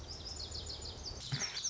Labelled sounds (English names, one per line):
Lazuli Bunting